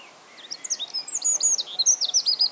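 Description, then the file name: Eurasian wren song: a fast, shrill run of high squeaky notes and trills, getting louder over the first second and then staying loud to the end. "Troglodytes troglodytes"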